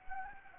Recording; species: mosquito wingbeat signal from an infrared sensor; Anopheles gambiae